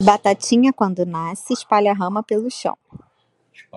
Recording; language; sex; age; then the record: short text; Brazilian Portuguese; female; 30 to 39 years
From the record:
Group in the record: control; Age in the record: 32 years